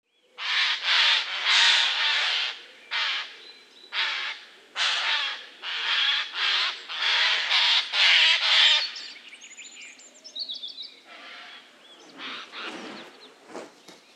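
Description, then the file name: Eurasian jay producing a long series of harsh, tearing screeches about two per second, then a brief high whistle and quieter softer notes toward the end. "Garrulus glandarius"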